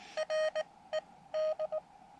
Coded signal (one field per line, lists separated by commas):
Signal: Morse code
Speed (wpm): 18 wpm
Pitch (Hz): 620 Hz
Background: none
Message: RED